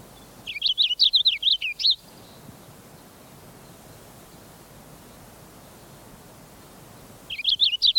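Purple finch song: a fast, jumbled warble of rising and falling notes for about one and a half seconds, silence, then the warble starts again near the end.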